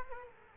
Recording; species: mosquito wingbeat signal from an infrared sensor; Culex quinquefasciatus